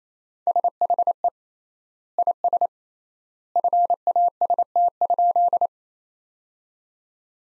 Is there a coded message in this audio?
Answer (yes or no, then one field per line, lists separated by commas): yes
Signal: Morse code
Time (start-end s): 0.5-5.7 s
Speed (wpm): 27 wpm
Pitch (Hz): 700 Hz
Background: none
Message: SHE IS FAST?